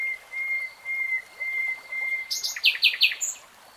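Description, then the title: Nightingale song: several long, pure whistles swelling softly, then a few loud, sharp, rapidly repeated notes. Nightingale singing in real time. "[Tiếng chim hót] 3 Hours REALTIME Nightingale Singing"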